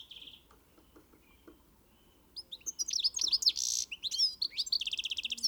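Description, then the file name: European goldfinch calls: a lone high note, then a quiet gap of about two seconds, then a burst of rapid, liquid, tinkling twitters mixed with buzzy trills. "Carduelis carduelis"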